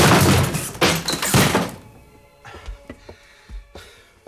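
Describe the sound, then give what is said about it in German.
A door is kicked in with a strong kick to break the lock, giving a loud, splintering crash that lasts over a second, followed by a few scattered lighter thuds and knocks as debris settles. No one speaks. “Wenn er das Eintreten der Tür nicht gehört hat, ist er stocktaub.”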